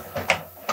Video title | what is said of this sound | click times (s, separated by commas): Building a PC to Sell (what's your price?) | There we go. We heard the audible click. | 0.3 s